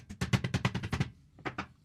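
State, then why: Partly seated. A metal retaining pin is tapped into the receiver of a TM22 Standard rifle with the soft side of an armorer's hammer, making a quick series of sharp taps, a short pause, then two more taps. The pin is not fully seated and still sticks out; nothing has seated or clicked yet.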